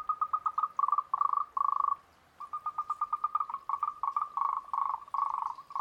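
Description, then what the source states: Moltrecht's green treefrog chorus: quick trains of clicking, pulsed notes, some merging into short rattles, with one brief gap. Chorus, recorded at Huilay.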